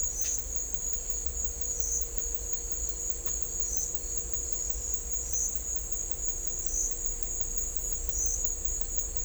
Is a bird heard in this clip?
no